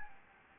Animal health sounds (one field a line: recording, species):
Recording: mosquito wingbeat signal from an infrared sensor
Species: Anopheles gambiae